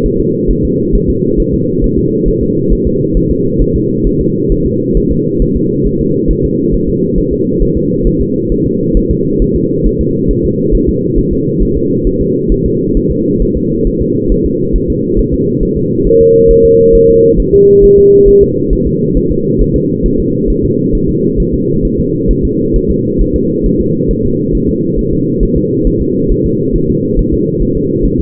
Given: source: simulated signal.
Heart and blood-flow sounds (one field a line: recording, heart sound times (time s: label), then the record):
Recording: fetal heart sounds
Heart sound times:
0.06 s: S1
0.20 s: S2
0.51 s: S1
0.65 s: S2
0.95 s: S1
1.10 s: S2
1.40 s: S1
1.54 s: S2
1.84 s: S1
1.98 s: S2
2.28 s: S1
2.43 s: S2
2.72 s: S1
2.87 s: S2
3.17 s: S1
3.31 s: S2
3.62 s: S1
3.76 s: S2
4.07 s: S1
4.21 s: S2
4.52 s: S1
4.66 s: S2
4.97 s: S1
5.12 s: S2
5.42 s: S1
5.56 s: S2
5.87 s: S1
6.01 s: S2
6.31 s: S1
6.45 s: S2
6.75 s: S1
6.89 s: S2
7.18 s: S1
7.33 s: S2
7.62 s: S1
7.77 s: S2
8.07 s: S1
8.21 s: S2
8.52 s: S1
8.66 s: S2
8.97 s: S1
9.11 s: S2
9.42 s: S1
9.56 s: S2
9.87 s: S1
10.01 s: S2
10.31 s: S1
10.45 s: S2
10.75 s: S1
10.89 s: S2
11.19 s: S1
11.33 s: S2
11.62 s: S1
11.77 s: S2
12.07 s: S1
12.21 s: S2
12.52 s: S1
12.66 s: S2
12.97 s: S1
13.11 s: S2
13.42 s: S1
13.57 s: S2
13.87 s: S1
14.02 s: S2
14.32 s: S1
14.46 s: S2
14.76 s: S1
14.90 s: S2
15.19 s: S1
15.34 s: S2
15.63 s: S1
15.77 s: S2
16.07 s: S1
16.21 s: S2
16.51 s: S1
16.65 s: S2
16.95 s: S1
17.09 s: S2
17.40 s: S1
17.54 s: S2
17.84 s: S1
17.98 s: S2
18.28 s: S1
18.43 s: S2
18.73 s: S1
18.87 s: S2
19.17 s: S1
19.31 s: S2
19.62 s: S1
19.76 s: S2
20.06 s: S1
20.20 s: S2
20.50 s: S1
20.65 s: S2
20.95 s: S1
21.09 s: S2
21.40 s: S1
21.54 s: S2
21.85 s: S1
22.00 s: S2
22.31 s: S1
22.45 s: S2
22.76 s: S1
22.90 s: S2
23.21 s: S1
23.36 s: S2
23.66 s: S1
23.81 s: S2
24.11 s: S1
24.25 s: S2
24.55 s: S1
24.69 s: S2
24.99 s: S1
25.13 s: S2
25.43 s: S1
25.57 s: S2
25.87 s: S1
26.01 s: S2
26.32 s: S1
26.46 s: S2
26.76 s: S1
26.90 s: S2
27.19 s: S1
27.33 s: S2
27.62 s: S1
27.77 s: S2
28.06 s: S1
28.20 s: S2
From the record:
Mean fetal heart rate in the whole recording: 135 bpm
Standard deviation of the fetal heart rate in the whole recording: 3 bpm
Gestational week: 36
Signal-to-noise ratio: -11.2 dB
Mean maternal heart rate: 72 bpm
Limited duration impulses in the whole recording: present